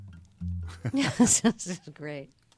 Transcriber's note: soundbite of laughter